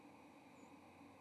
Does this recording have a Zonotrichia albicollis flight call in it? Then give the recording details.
yes. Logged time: 10:12 on 30 October 2014